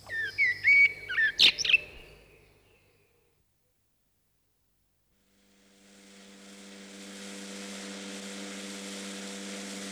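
A blackbird sings a couple of seconds of clear, warbling phrases, then everything falls silent before a steady mechanical drone gradually swells and holds to the end.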